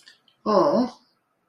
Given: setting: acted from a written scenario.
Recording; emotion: vocal sound without words; adoration